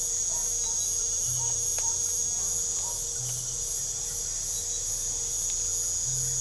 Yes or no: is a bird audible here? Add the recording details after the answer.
no. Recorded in pastures near Puerto Asís, Putumayo, Colombia, on 22 December 2024 at 20:00. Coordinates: 0.497, -76.327. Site G088